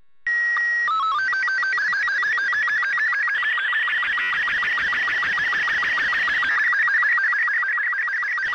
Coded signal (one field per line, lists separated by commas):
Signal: SSTV (slow-scan television)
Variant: Robot 36